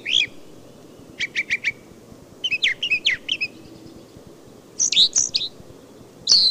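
Brown thrasher singing a sequence of bright, varied phrases: a quick set of four sharp notes, then jumbled chirpy notes and rich sweeping whistles.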